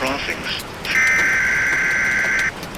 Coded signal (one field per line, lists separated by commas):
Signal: Emergency Alert System (SAME) tones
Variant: header bursts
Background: speech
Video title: EAS Mock 5: Major flooding...